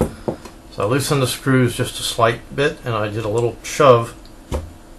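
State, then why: Seated. A 3.5-inch SATA hard drive in a Vantac NexStar CX NST-300SU-BK external enclosure (SATA to USB 2.0 and eSATA) has its mounting screws loosened slightly, because the drive seemed to be hitting the case and was not properly mounted. It is then shoved further onto the SATA connector while someone talks. A small click at 4.5 s marks the connector seating with full contact.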